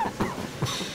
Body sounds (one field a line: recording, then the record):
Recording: coughing mixed with background sound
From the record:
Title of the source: Heavy cold and sore throat coughing.